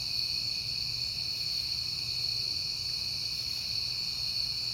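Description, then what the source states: Crickets trill steadily in a high, unbroken chorus, with gentle low background rumble. Crickets at night in September, on a peaceful night.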